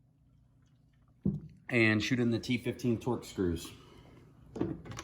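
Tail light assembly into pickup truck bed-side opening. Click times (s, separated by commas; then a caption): 1.3 s. A new plastic tail light assembly is slid back into its bed-side opening on a Duramax 2500 L5P pickup truck until its retaining clips click, with a sharp click at 1.3 s. The housing is seated, ready for its T15 Torx screws, and afterward someone talks.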